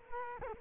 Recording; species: mosquito wingbeat signal from an infrared sensor; Culex quinquefasciatus